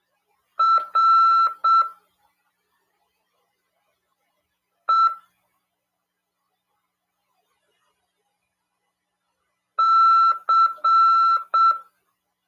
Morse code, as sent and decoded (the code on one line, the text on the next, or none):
.-. / . / -.-.
R E C